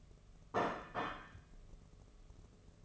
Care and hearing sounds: daily activity, microphone in the room; place plate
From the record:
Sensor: 4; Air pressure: 1016.0 hPa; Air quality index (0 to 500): 209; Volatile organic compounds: 13 ppm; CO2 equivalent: 2410 ppm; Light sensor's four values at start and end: 17/40/17/17 and 17/40/17/17

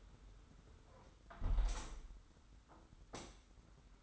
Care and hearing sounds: daily activity, microphone in the room; close window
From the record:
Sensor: 3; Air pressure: 991.2 hPa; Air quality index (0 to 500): 130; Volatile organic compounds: 166 ppm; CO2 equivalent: 4088 ppm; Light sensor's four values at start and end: 49/134/55/48 and 49/134/55/48

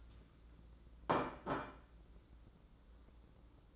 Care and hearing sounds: daily activity, microphone in the room; place plate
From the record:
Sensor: 3

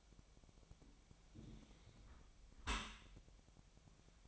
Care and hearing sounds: daily activity, microphone in the room; close dishwasher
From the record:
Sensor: 1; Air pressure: 1006.8 hPa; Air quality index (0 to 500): 209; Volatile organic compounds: 24 ppm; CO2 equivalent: 2814 ppm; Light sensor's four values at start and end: 12/31/12/13 and 12/31/12/13

